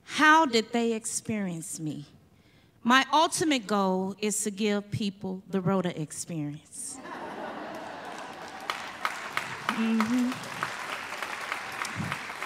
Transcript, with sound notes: How did they experience me? My ultimate goal is to give people the Rhoda experience. [applause] Mm-hmm.